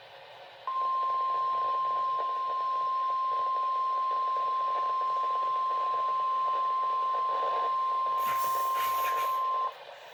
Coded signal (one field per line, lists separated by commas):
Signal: Emergency Alert System (SAME) tones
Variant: 1050 Hz attention tone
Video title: 5/26/26 Severe Thunderstorm Watch for Waller County (EAS #56)